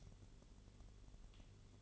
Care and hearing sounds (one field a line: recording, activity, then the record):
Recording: daily activity, microphone in the room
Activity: light off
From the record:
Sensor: 4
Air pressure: 1008.6 hPa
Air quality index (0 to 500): 94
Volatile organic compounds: 1 ppm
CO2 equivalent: 707 ppm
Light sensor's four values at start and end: 13/31/12/12 and 13/29/11/11